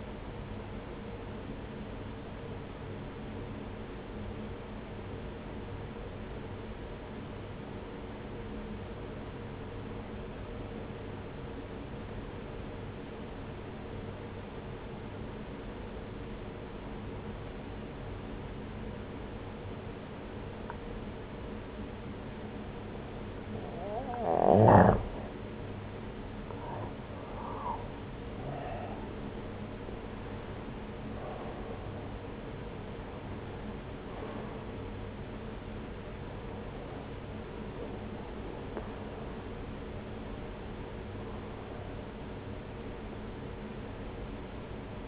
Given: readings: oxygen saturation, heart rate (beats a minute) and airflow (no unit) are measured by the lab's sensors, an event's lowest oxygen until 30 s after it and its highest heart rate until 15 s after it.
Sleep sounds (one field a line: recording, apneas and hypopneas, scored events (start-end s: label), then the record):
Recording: breathing in sleep by a voice recorder at the bedside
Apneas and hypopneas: 1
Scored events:
3.00-25.20 s: obstructive apnea (N1, oxygen 95% highest, then 86% lowest, heart rate 60 at the start, 73 highest)
12.00-42.00 s: new sleep stage, N2 (light sleep)
42.00-45.08 s: new sleep stage, N1 (lightest sleep)
From the record:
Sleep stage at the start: N1 (lightest sleep)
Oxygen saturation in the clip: 86 to 95%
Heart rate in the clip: 59 to 73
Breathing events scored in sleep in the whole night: 303 in 8.1 hours asleep